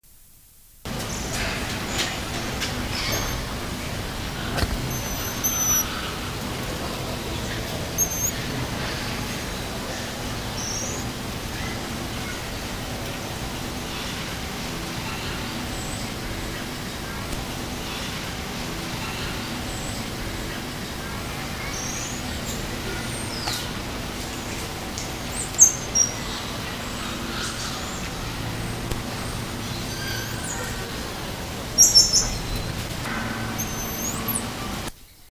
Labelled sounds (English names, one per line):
Brown-mantled Tamarin